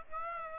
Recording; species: mosquito wingbeat signal from an infrared sensor; Aedes aegypti